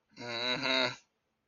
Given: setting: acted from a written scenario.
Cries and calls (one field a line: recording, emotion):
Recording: vocal sound without words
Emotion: anger